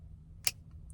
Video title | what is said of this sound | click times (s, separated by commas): Knife Break: Slipjoints are fun | pretty nice click | 0.5 s